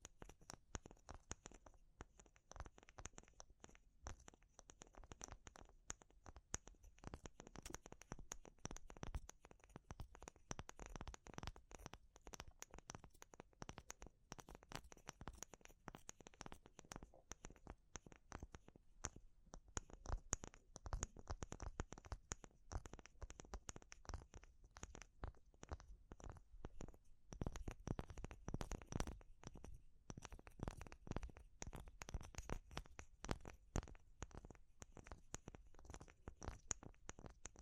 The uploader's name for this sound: Natural Triggers Wood, Bamboo and Straw